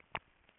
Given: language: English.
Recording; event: throat vibration sensor signal played as sound; swallow